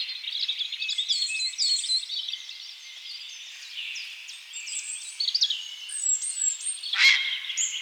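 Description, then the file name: European robin song, high thin warbles and sliding whistles, with a sharp click near the end. "Erithacus rubecula"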